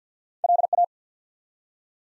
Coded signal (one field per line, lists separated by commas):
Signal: Morse code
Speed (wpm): 48 wpm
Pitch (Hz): 700 Hz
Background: none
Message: LA